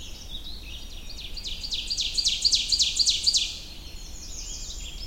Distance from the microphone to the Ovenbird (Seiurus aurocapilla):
about 10 m